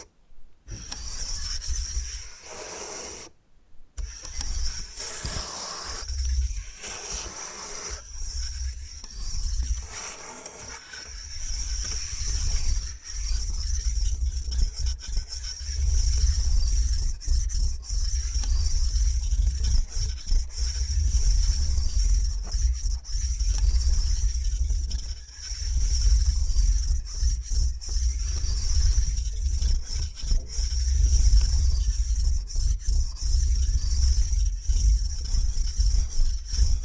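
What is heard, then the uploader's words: Bamboo is scratched and brushed in a dense, continuous run of rasping strokes, with a few short gaps near the start. The strokes have a dry, woody grain and a heavy low rumble beneath, and a steady high whine persists throughout. ASMR Brain Tingling Bamboo Tapping, Scratching and Brushing Sounds for Sleep (No Talking).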